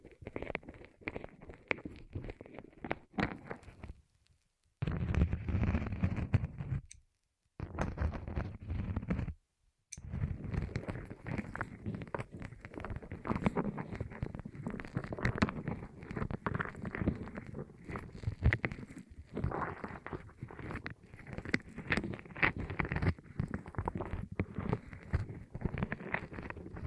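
An ASMR rolling sound, a dense, rumbling rustle that moves in uneven waves with a steady low undertone. Three short full silences break it early, near five, seven and nine seconds. After ten seconds the rolling runs on continuously with small crackling ticks throughout.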